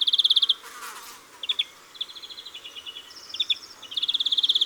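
European greenfinch trilling: fast pulsed trills at the start and end, with quieter twittering notes and a brief noisy burst between them.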